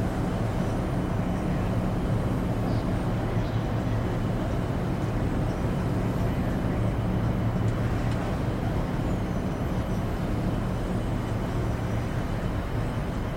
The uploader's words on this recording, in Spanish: Ambiente de Cabina de Transbordador para un Sueño Profundo. Experimentarás los delicados zumbidos y suaves pitidos del transbordador.